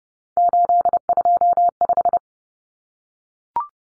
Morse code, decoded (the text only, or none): 825